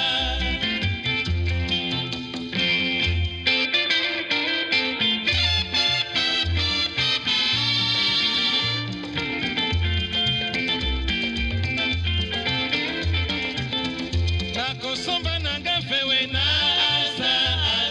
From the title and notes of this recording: A 56 minute radio show broadcast in Bristol UK. Congolese Rumba and Tropical Birdsong. Throughout the radio show are the sounds of tropical birds recorded by Jean Roché.